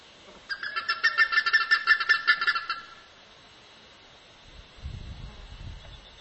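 Plumbeous ibis calling, a loud, rapid, rhythmic series of harsh nasal notes, followed by quiet and a low rumble.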